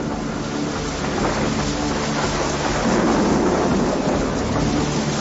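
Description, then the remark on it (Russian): A thunderstorm with steady, heavy rain hissing throughout and a deep rolling rumble of thunder that swells louder around the middle and lingers to the end. No voices. “Они изнуряли демонов зноем, лишая их сил, а потом собрались в сверкающие молниями тучи, которые тянулись вдоль тела змеи к ее хвосту, и проливали на богов освежающие дожди.”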